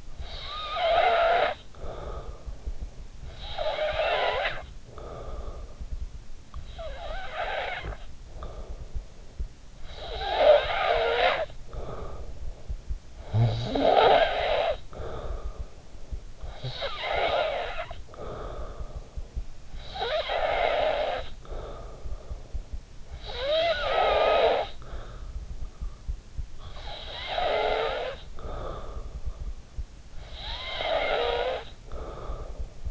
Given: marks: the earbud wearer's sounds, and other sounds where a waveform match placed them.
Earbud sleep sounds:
sounds in sleep by an in-ear microphone; snoring breath
0.00-2.85 s: snoring breath
2.99-6.02 s: snoring breath
6.25-9.31 s: snoring breath
9.68-15.68 s: snoring breath
16.34-19.37 s: snoring breath
19.66-22.63 s: snoring breath
22.91-25.65 s: snoring breath
26.23-29.43 s: snoring breath
29.88-32.83 s: snoring breath

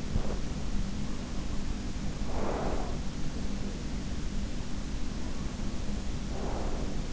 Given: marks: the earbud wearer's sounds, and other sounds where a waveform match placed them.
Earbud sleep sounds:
sounds in sleep by an in-ear microphone; body movement, breath
0.00-0.58 s: body movement
1.96-3.00 s: breath
4.88-7.05 s: breath

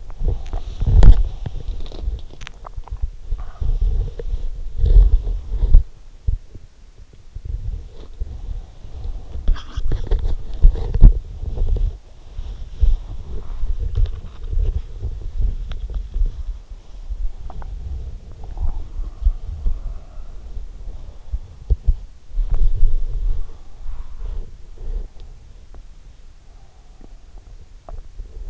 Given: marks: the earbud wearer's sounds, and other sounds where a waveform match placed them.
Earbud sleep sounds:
sounds in sleep by an in-ear microphone; body movement
0.00-28.50 s: body movement

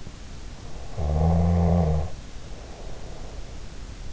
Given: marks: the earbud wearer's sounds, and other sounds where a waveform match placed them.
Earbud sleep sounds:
sounds in sleep by an in-ear microphone; snoring breath
0.69-3.54 s: snoring breath

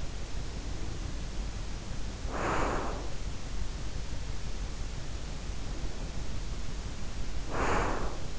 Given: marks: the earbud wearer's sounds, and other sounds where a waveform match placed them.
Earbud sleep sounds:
sounds in sleep by an in-ear microphone; breath
0.30-3.36 s: breath
5.34-8.39 s: breath

